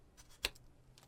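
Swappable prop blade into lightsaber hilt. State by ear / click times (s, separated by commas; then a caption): seated / 0.4 s. A homemade swappable blade, its end built up with tape so it fits snugly, is pushed into a prop lightsaber hilt. A single sharp click rings out at 0.5 s, followed by a few much fainter ticks. The blade seats in the hilt.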